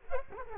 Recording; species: mosquito wingbeat signal from an infrared sensor; Culex quinquefasciatus